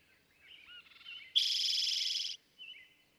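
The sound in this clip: Eastern towhee singing one rapid, buzzy trill lasting about a second, with fainter notes before and after.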